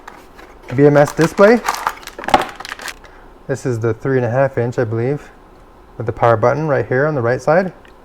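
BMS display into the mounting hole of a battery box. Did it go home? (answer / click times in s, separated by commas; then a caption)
no / none. A plastic BMS touch-screen display, with its power button on the right side, is handled before being pressed into its mounting hole in a battery box while someone talks. Short handling ticks and rattles sound between about 1.9 and 2.7 seconds. Nothing has seated or clicked yet.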